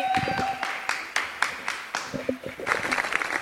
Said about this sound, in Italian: Applausi.